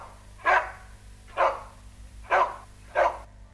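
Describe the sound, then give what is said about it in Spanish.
A dog barks four times at an even, measured pace, each bark short and sharp with a bright, mid-pitched bite, standing alone over a faint low hum. “¡Perro!”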